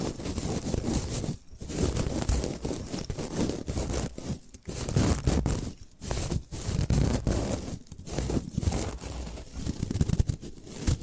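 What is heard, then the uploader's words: Bamboo is scratched and brushed in a dense, rough texture that runs almost without a break. Short pauses fall roughly every second or so, near 1.5, 4.5, 6, 8 and 10 seconds, between busy bursts of scraping and rustling. Bamboo Tapping, Scratching and Brushing Sounds.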